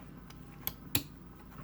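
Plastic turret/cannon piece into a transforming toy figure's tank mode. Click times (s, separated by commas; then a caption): 0.9 s. A plastic turret or cannon piece is lifted, turned and pushed back into place on the tank mode of a Transformers G1 Retro Headmaster Hardhead toy figure. A faint tick at 0.3 s and a sharper one at 0.7 s lead into a loud click at 1.0 s as the piece seats back in.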